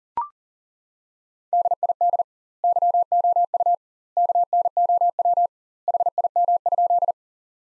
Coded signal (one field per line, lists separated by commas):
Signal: Morse code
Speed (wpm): 40 wpm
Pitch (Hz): 700 Hz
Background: none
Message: DID YOU KNOW HIM?